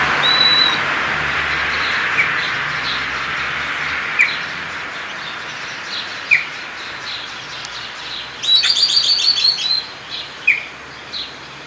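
Bird calls: a thin high whistle, then scattered short chirps, and a quick burst of rapid twittering notes near the end.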